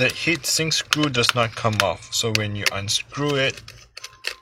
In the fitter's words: you hear that little click noise, that means you have reached its limit